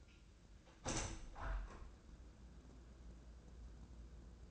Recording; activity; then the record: daily activity, microphone in the room; open window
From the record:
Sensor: 2